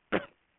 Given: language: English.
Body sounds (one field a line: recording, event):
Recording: throat vibration sensor signal played as sound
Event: cough